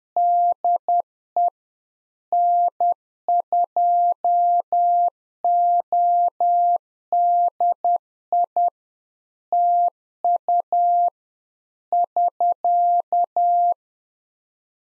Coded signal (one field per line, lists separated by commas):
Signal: Morse code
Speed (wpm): 10 wpm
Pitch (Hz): 700 Hz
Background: none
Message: DE N2ODI TU <SK>